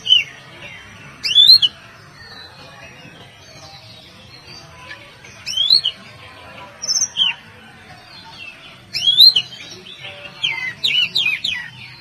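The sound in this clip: Oriental magpie-robin song of clear, varied whistles and slurred rising notes in repeated short phrases, separated by pauses, with steady soft bird chatter behind.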